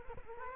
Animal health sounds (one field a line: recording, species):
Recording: mosquito wingbeat signal from an infrared sensor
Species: Culex quinquefasciatus